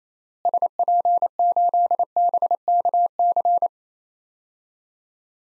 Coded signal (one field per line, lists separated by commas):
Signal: Morse code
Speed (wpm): 28 wpm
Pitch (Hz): 700 Hz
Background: none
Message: SP8BKC